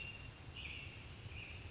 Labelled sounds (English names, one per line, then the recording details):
American Robin
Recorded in Sonoma County, California